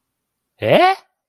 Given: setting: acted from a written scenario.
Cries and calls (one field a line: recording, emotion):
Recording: vocal sound without words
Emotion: confusion